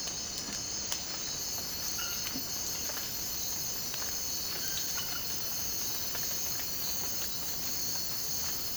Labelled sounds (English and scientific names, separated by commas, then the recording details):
none
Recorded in dense forest near Puerto Asís, Putumayo, Colombia, on 19 March 2025 at 03:30
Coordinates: 0.481, -76.323
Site G088